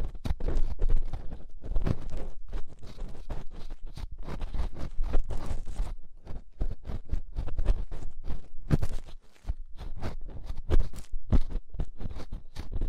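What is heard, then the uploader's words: Ear scraping fills the clip with dense, irregular crackles and scratchy rubbing, low thumps underneath and sharp bright clicks scattered throughout. Inner and Outer Ear Scraping (No Talking).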